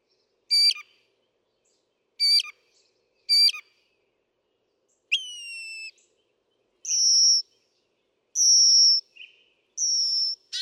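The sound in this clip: Northern mockingbird song of spaced, varied phrases: a sharp note given three times, a falling harmonic whistle, then drawn-out high whistles repeated.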